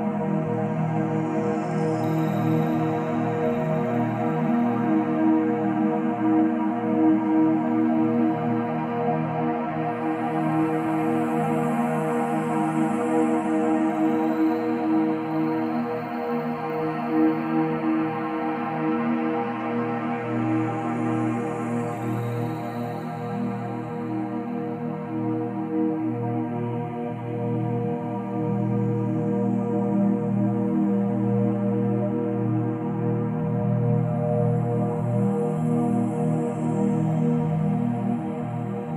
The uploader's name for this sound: Solfeggio Frequency 528Hz